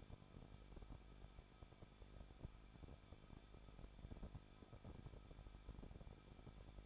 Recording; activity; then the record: daily activity, microphone in the room; no activity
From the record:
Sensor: 5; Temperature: 20.8 degrees Celsius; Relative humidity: 38.2%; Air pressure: 1006.4 hPa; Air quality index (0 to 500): 189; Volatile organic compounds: 19 ppm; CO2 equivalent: 2661 ppm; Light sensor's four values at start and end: 2/3/1/1 and 2/3/1/1